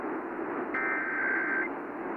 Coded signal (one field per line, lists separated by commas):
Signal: Emergency Alert System (SAME) tones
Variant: header bursts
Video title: June 2021 Arkansas Required Monthly Test | 6/15/21 | EAS 317